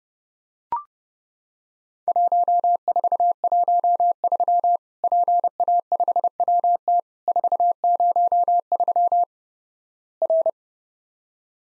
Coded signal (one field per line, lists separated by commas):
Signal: Morse code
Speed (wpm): 32 wpm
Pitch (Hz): 700 Hz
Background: none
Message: 1413 PA5WT 403 R